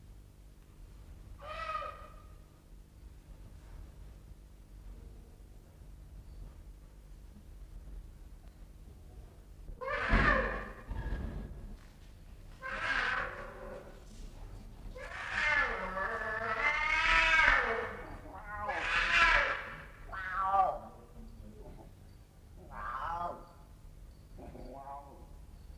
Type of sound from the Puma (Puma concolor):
call